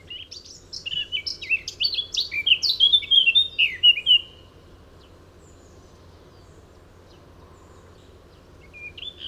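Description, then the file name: Eurasian blackcap delivering one hurried warbling phrase of tumbling high notes, then a long quiet gap and the faint start of another phrase at the end. "Sylvia atricapilla"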